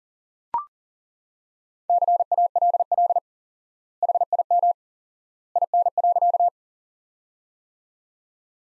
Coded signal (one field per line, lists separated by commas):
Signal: Morse code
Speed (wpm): 40 wpm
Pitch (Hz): 700 Hz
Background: none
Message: CALL HIM IN.